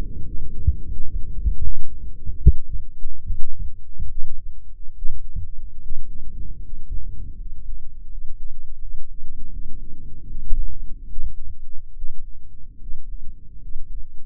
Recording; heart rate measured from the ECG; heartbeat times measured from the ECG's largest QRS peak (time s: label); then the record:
heart sounds by microphone in the left ear; 76 bpm
0.24 s: heartbeat
0.89 s: heartbeat
1.60 s: heartbeat
2.38 s: heartbeat
3.22 s: heartbeat
4.06 s: heartbeat
4.93 s: heartbeat
5.79 s: heartbeat
6.61 s: heartbeat
7.37 s: heartbeat
8.09 s: heartbeat
8.79 s: heartbeat
9.50 s: heartbeat
10.26 s: heartbeat
11.07 s: heartbeat
11.93 s: heartbeat
12.78 s: heartbeat
13.60 s: heartbeat
From the record:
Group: healthy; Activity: rest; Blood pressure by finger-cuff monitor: 114/77 mmHg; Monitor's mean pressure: 86 mmHg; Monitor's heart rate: 79 bpm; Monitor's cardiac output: 7 L/min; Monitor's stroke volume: 90 mL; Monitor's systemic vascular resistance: 870 dyn s/cm5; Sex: male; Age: 23 years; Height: 178 cm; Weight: 96.6 kg